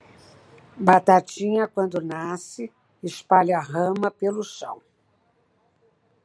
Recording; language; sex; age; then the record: short text; Brazilian Portuguese; female; 70 to 79 years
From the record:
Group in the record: control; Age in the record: 71 years